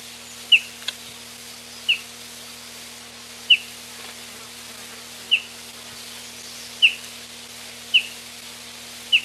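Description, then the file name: Baikal bullfinch calls: short high notes repeated at intervals of a second or two, over a steady low hum. Recorded 16 June 1991. "Pcineracea 16 06 91"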